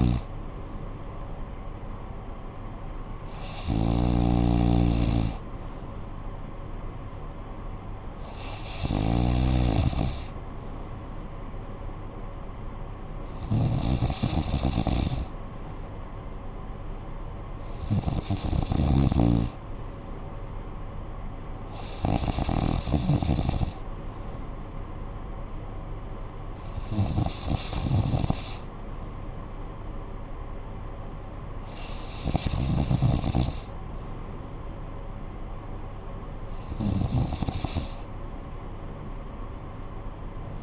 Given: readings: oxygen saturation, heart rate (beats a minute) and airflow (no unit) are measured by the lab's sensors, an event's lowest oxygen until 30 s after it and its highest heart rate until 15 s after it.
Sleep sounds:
breathing in sleep by a smartphone at the bedside; none
none scored
From the record:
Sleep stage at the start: N3 (deep sleep); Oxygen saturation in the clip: 94%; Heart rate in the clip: 57 to 60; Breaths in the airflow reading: 9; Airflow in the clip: -9.6 to 5.5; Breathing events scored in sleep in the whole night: 445 in 7.6 hours asleep

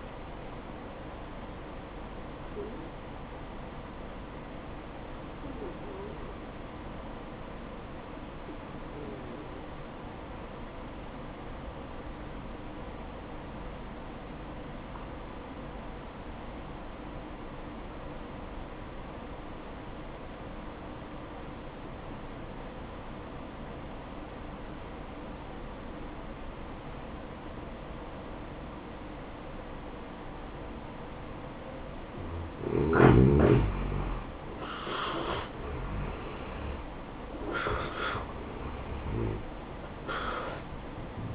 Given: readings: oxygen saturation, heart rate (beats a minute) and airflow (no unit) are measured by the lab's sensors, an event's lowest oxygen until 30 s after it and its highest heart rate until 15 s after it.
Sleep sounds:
breathing in sleep by a voice recorder at the bedside; 1
4.00-33.90 s: hypopnea (N1, oxygen 95% highest, then 83% lowest, heart rate 60 at the start, 76 highest)
21.00-41.35 s: new sleep stage, N2 (light sleep)
From the record:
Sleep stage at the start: N1 (lightest sleep); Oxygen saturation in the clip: 84 to 95%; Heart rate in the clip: 57 to 75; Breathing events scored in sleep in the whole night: 573 in 9.8 hours asleep

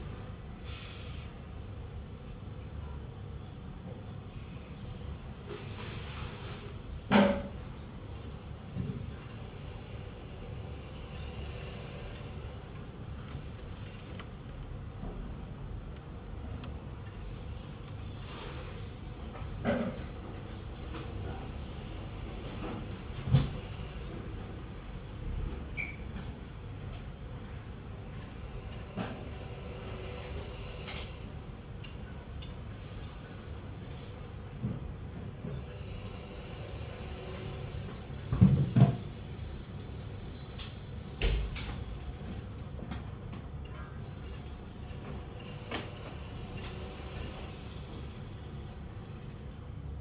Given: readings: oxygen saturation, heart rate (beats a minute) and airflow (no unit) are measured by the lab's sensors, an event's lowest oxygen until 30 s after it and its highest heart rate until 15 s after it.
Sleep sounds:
a person awake in a sleep study, by a smartphone at the bedside; none
0.00-50.01 s: awake
From the record:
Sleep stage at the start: awake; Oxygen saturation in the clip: 96%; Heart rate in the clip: 69 to 79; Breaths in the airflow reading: 10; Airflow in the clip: -10.2 to 9.8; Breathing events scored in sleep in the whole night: 182 in 7.4 hours asleep

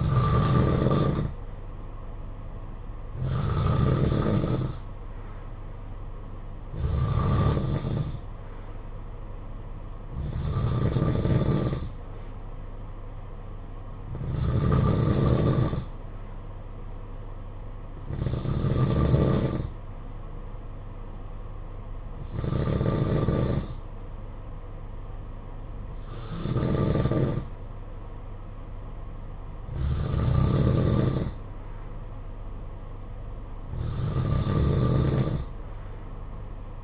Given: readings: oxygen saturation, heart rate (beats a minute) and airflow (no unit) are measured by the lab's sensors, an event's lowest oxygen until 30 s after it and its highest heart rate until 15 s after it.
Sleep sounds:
breathing in sleep by a smartphone at the bedside; none
none scored
From the record:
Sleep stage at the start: N2 (light sleep); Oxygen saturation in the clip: 92 to 93%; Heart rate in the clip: 51 to 59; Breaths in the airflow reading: 10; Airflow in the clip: -9.3 to 5.4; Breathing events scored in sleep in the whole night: 476 in 9.7 hours asleep

